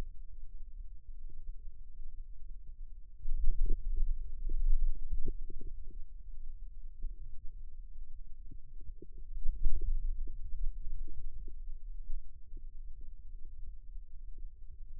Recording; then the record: forearm muscle sounds (acoustic myography)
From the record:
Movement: radial deviation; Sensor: system 2, bracelet of six BSWA MPA416 microphones around the upper forearm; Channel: 5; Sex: male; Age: 22 years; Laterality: right